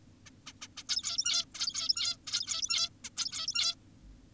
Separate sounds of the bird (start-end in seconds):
0.26-0.30, 0.47-0.53, 0.62-0.68, 0.77-0.84, 0.89-1.45, 1.55-2.17, 2.27-2.90, 3.04-3.10, 3.17-3.75